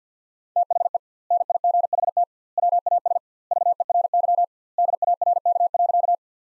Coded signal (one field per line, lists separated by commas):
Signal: Morse code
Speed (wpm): 50 wpm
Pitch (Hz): 700 Hz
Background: none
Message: THE NIGHT WAS VERY DARK.